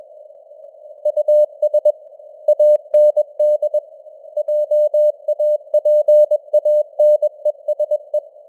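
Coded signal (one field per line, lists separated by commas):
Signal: Morse code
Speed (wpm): 21 wpm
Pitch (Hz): 600 Hz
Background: none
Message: US AND JAPANESE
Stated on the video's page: Morse news headlines at 21 wpm with simulated radio noise and varying signal strength (QSB).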